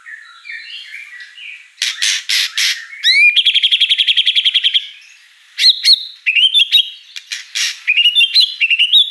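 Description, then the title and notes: White-rumped shama song: soft warbling, loud sharp chips, a fast even trill, then quick rising whistled notes. Lure song of a lively singing white-rumped shama with a rich, varied repertoire. "Pancingan Gacor Murai Batu Bongkar Isian Mewah. Audio Murai Batu Dongfeng"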